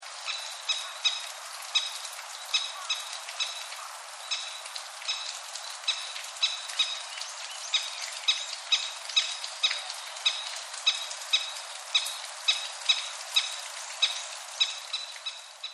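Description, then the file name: Crested kingfisher calls: harsh, grating notes repeated steadily throughout, over a constant background hiss. "yamase"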